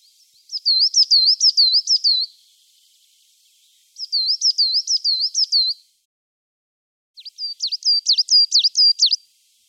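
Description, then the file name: Coal tit singing three rapid phrases of bouncing high see-saw notes, each phrase lasting about two seconds and separated by short silences. "blv 1999 tannenmeise"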